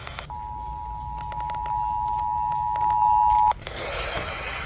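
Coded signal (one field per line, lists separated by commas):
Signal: Emergency Alert System (SAME) tones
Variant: 853 and 960 Hz attention tone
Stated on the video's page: Florida Required Monthly Test of the Emergency Alert System.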